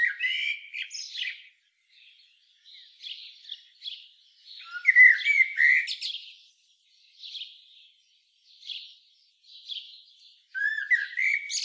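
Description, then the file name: Common blackbird: three louder warbled phrases with shrill high endings, one at the start, middle and end, separated by soft, scratchy twitters and pauses. "Turdus merula"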